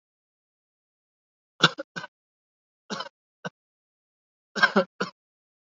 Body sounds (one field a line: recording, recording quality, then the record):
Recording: shallow voluntary cough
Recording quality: excellent, no background noise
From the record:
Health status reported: COVID-19 positive, mild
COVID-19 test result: positive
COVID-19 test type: RT-PCR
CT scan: not taken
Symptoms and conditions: fatigue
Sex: male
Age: 34 years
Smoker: no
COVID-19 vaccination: both doses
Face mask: worn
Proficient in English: yes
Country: India